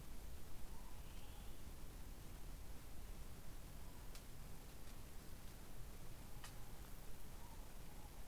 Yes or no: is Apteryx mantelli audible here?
no